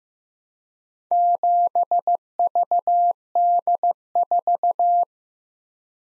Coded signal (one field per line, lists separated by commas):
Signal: Morse code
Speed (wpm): 15 wpm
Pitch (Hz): 700 Hz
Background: none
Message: 7VD4